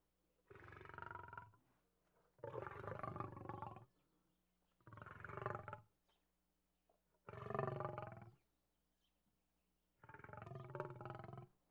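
Lion giving a series of five raspy, throaty growls, each about a second long, over a faint steady hum.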